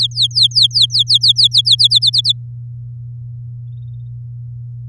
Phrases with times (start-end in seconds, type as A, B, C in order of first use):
0.00-1.75 A, 1.78-2.32 B